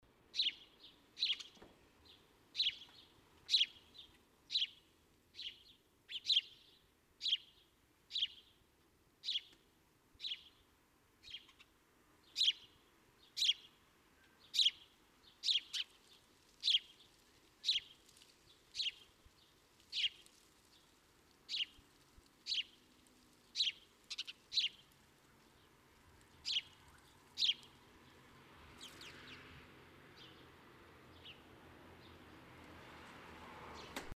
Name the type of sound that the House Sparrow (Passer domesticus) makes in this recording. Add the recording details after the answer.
begging call. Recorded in the wild. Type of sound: begging call. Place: Kaiserslautern, Rheinland-Pfalz, DE. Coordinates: 49.4247, 7.77889. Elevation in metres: 279. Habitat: garden. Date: 1976-08-01. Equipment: Nagra IV, Sennheiser MKH 405, Parabolreflektor. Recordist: Tretzel, Erwin. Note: Garten, Kaiserslautern: Bettellaute juvenile Hausrotschwänze